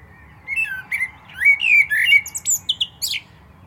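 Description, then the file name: Common blackbird singing a rich fluted warble, then finishing with a string of thin, high squeaks. "Turdus merula"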